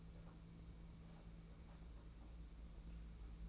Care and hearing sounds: daily activity, microphone in the room; take from stove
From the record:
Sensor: 1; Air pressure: 992.0 hPa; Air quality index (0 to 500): 217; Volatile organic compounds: 1000 ppm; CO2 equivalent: 8453 ppm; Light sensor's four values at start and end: 21/75/29/29 and 21/75/29/29

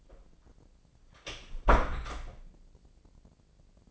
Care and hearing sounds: daily activity, microphone in the room; close door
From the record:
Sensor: 5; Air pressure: 1009.3 hPa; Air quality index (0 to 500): 166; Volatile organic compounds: 2 ppm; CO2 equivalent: 1271 ppm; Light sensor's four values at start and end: 181/431/183/199 and 181/430/182/198

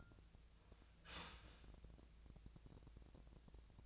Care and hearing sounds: daily activity, microphone in the room; start toaster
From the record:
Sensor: 2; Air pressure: 1000.0 hPa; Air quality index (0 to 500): 149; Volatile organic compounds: 2 ppm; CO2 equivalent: 1258 ppm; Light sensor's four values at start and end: 26/65/28/30 and 26/65/28/30

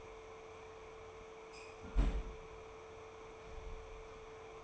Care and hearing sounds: daily activity, microphone in the room; close fridge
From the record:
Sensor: 1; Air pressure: 1015.0 hPa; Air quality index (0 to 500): 194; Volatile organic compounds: 22 ppm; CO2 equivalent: 2753 ppm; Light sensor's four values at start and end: 29/73/31/37 and 30/75/32/38

